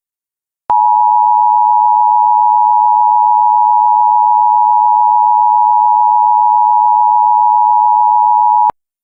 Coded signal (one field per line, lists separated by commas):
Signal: Emergency Alert System (SAME) tones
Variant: 853 and 960 Hz attention tone